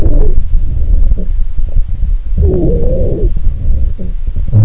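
Two breaths heard through a stethoscope over adult lungs carry a musical, whistling tone that wavers in pitch over a low rumbling background. This is a wheeze, a sign of narrowed airways such as in asthma or bronchospasm.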